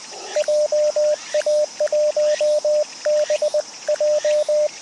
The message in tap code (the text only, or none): none